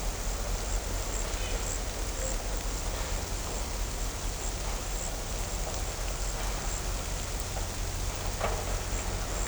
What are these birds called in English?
none